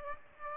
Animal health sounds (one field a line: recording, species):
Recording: mosquito wingbeat signal from an infrared sensor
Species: Aedes aegypti